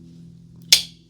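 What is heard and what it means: An embossing die insert is pushed all the way into the body of a handheld book embosser while the embosser is squeezed. Over a low hum, a sharp, bright click sounds at 0.7 s as the plate locks into place.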